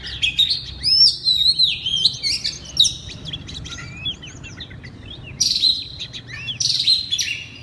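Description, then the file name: Oriental magpie-robin song: looping whistled slurs and harsh buzzes, a quieter middle stretch, then strong loud phrases returning. Loud, open-voiced singing style called ngeplong keras. "suara kacer ngeplong keras"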